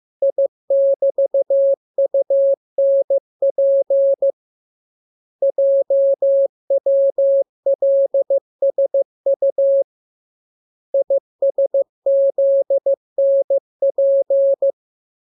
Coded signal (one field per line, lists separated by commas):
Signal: Morse code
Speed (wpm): 15 wpm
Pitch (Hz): 550 Hz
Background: none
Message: I<BT>UNP JWLSU ISZNP